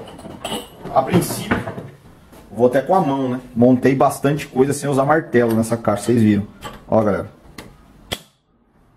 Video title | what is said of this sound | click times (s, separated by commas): Caixa de direcao VW Golf sapão, Beetle, Bora, A3. BMW, Porsche - Montagem | beleza ouviu Aí o clique que ele deu Então pessoal já tá na posição | 7.6 s